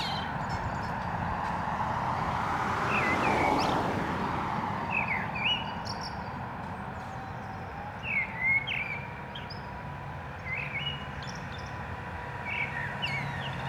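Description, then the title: Common blackbird song: a car swells past, and fluted phrases with squeaky endings come every few seconds amid ongoing traffic. Canal dike at Anderlecht, Brussels-Capital, Belgium, with car traffic; recorded using a Lom mikroUsi Pro microphone into a Zoom F3. "Digue du Canal, Anderlecht, Bruxelles-Capitale, Belgique - Blackbird and cars"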